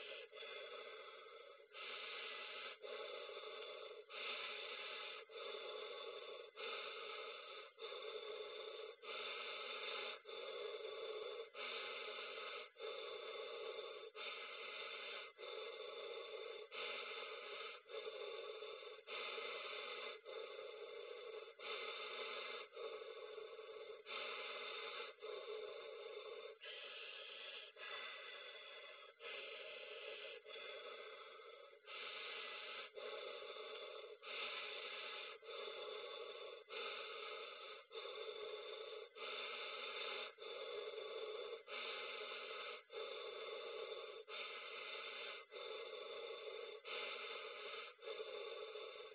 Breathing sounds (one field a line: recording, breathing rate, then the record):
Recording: paced breathing near a phone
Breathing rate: 24 breaths a minute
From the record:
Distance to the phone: 40 cm